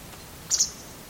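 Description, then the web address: Bird giving a single rapid, high-pitched double chirp, two thin notes in quick succession, over low hiss. "Deverinetal 2025 File origin Bird Only"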